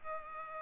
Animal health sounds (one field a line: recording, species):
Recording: mosquito wingbeat signal from an infrared sensor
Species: Culex pipiens